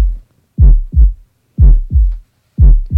A normal healthy heart. Familiar lub-dub, lub-dub, lub-dub, lub-dub. That is two different sets of valves closing as the blood passes through them.